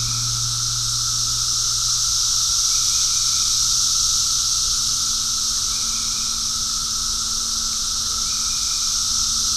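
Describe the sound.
Cicadas keep up a loud continuous high buzz, with a steady mid whine and a low droning hum.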